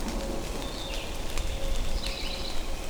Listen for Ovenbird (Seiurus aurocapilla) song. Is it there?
no